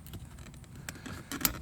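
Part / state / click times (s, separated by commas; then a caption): blower motor wiring connector into its mating plug / seated / 0.9 s, 1.5 s. On a Mazda Tribute, a blower motor wiring connector is pushed together by hand into its mating plug over a low, faint background. Sharp clicks sound at 0.9 s and 1.5 s, the second the loudest, with softer ticks around them. The connector snaps in and is seated.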